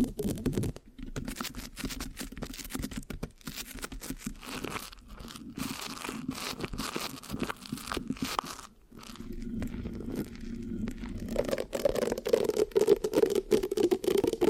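Microphone scratching with a sticky, tearing texture, made of dense crackly strokes that come in quick irregular bursts. There are brief silent gaps near one and nine seconds. After about twelve seconds the scratching grows louder, with a few sharper squeaky notes on top.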